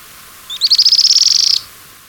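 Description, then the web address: Streak-backed canastero calling one steady, rapid high-pitched trill of about a second, evenly pulsed and fading slightly at the end. Recorded in Ecuador. "Birds of Ecuador 2. Streak-Backed Canastero"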